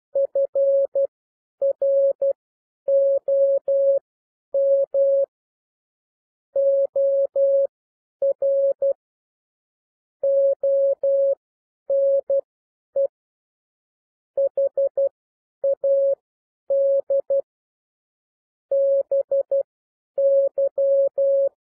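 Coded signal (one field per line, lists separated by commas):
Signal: Morse code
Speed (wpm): 12 wpm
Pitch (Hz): 550 Hz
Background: none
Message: FROM OR ONE HAD BY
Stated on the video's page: Morse reading lesson with characters at 12 wpm and overall speed 9 to 12 wpm.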